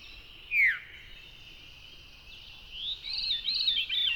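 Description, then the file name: Veery: one sharp descending 'veer' note, followed a couple of seconds later by a rapid wavering high warble from a bird. "very veery"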